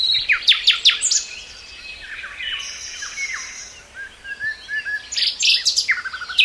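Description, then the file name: Common nightingale song of sharp whistled notes and slurred phrases, fading briefly before a final loud chattering burst. "Luscinia megarhynchos"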